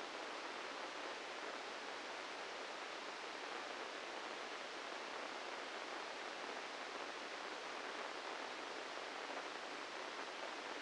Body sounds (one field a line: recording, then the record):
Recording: brain microelectrode recording played as sound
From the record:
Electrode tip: inside the subthalamic nucleus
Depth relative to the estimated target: -4 mm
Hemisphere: right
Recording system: NeuroSet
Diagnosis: Parkinson's disease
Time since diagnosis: 13 years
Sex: male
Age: 65 years